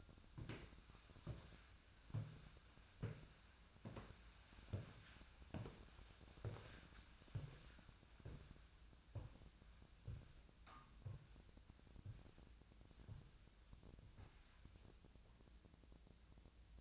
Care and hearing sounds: daily activity, microphone in the room; walk to room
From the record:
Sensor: 2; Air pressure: 1009.9 hPa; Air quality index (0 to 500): 177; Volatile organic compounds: 10 ppm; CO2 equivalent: 2212 ppm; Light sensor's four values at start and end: 36/87/38/42 and 35/86/37/41

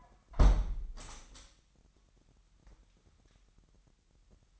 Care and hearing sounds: daily activity, microphone in the room; close window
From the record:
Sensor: 3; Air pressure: 998.0 hPa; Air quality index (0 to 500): 145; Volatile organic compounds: 5 ppm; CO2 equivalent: 1733 ppm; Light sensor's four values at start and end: 14/40/16/15 and 14/40/16/15

